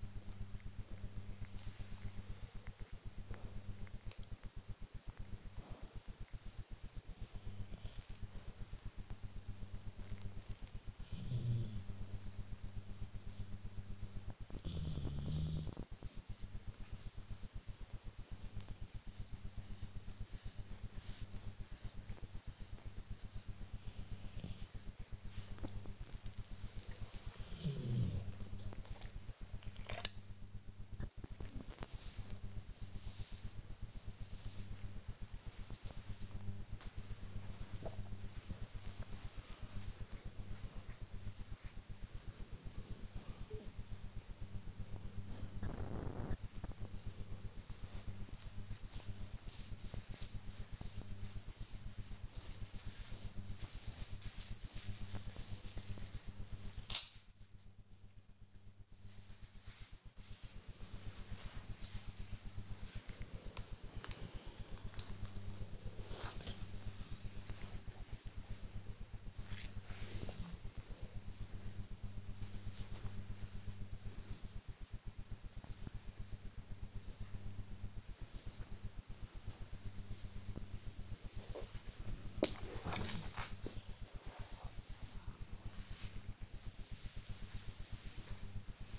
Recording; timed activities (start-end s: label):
household activities, microphone on the right wrist
0.00-88.99 s: petting the dog